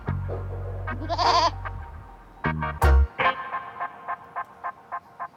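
A goat bleats in a stable: a long, wavering cry, then a string of short, evenly spaced bleats, with a low rumble underneath at the start and no talking.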